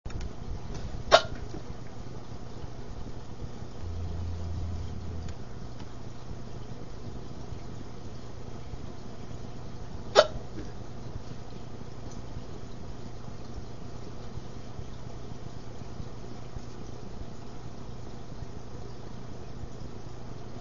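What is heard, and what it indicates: An adult's hiccups: two sharp, abrupt 'hic' sounds about nine seconds apart over a low, steady background hum, with no speech. Hiccups come from sudden involuntary spasms of the diaphragm that snap the vocal cords shut, making the brief click-like 'hic'.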